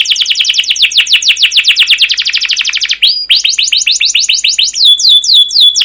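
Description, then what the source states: Canary singing a quick steady roll of falling notes, a short glide, then slower repeated chirps and downslurred whistles. Masteran training recording: long, rolling (ngerol), chattering "cuit cuit" canary song in gacor style, used as a lure to stimulate other canaries to sing.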